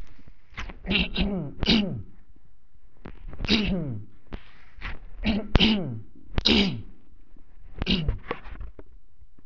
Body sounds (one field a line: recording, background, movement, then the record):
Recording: throat clearing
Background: quiet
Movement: sitting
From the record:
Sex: male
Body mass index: 20.6 kg/m2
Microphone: on the chest, facing the body